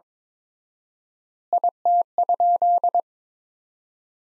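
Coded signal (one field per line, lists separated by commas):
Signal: Morse code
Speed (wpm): 22 wpm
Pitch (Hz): 700 Hz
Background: none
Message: IT?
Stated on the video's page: Morse practice sentences from the top 200 words at 22 wpm with 4x standard word spacing, a word-level analogue of Farnsworth spacing.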